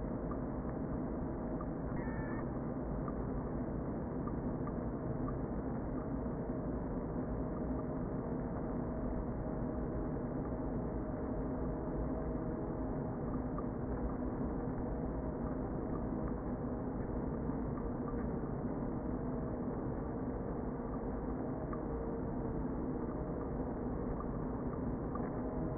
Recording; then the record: honeybee colony, microphone inside the hive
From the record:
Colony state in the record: queen present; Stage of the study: before two queens were removed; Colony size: about 60,000 bees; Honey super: yes